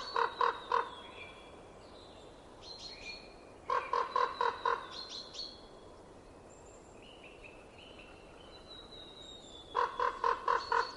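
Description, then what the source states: Common raven producing quick rattling runs of hollow croaks at start, middle and end, with high thin whistles and chirps of other birds between. Recorded in winter in Estonia.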